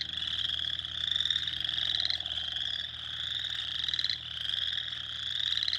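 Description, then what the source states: Spring peepers chorusing, overlapping high peeps that rise in pitch, forming a ringing continuous sound that dips briefly twice. Recorded on 2021-04-06.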